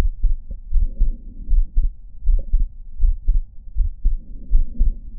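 Regular low-pitched thumps repeat at about 79 beats a minute, with paired beats and a faint hum between them. Adult heart sounds heard through a stethoscope, with no specific finding named.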